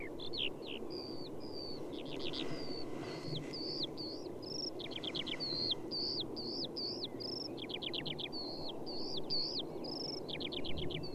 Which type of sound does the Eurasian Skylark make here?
flight song